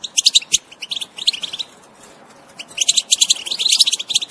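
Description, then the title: Goldfinch song in two bursts of rapid high twittering chirps, separated by a quiet gap of about a second in the middle. Wild bird. "اجمل غناءالحسون الخلويchant chardonneret sauvage"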